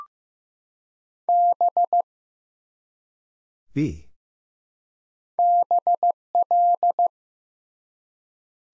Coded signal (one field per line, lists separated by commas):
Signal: Morse code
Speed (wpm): 15 wpm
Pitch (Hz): 700 Hz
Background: none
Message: B BL